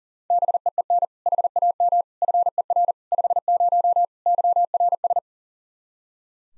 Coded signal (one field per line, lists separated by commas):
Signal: Morse code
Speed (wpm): 40 wpm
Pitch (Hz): 700 Hz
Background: none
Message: BEEN HAM FER 50 YRS